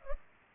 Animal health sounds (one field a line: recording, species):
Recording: mosquito wingbeat signal from an infrared sensor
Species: Culex pipiens